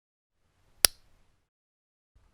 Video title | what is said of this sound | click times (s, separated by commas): How to Change the Orange Turn Signal Bulb in the Side Mirror on a 2018 Ford Focus RS | the new bulb into the socket. You should feel it click. | 0.8 s